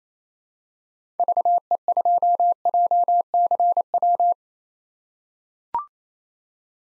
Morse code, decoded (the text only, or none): VE2JCW